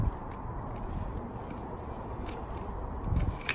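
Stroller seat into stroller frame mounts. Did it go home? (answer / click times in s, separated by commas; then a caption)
yes / 3.5 s. A Valco stroller seat (from the Snap 4 Trend and Snap Ultra Trend models) is pulled straight up by its triggers, lined up and lowered onto the stroller frame mounts over a steady low rumble of handling noise, with a few soft bumps around 3.2 seconds. A sharp click sounds at 3.5 seconds as the seat clicks home and is seated.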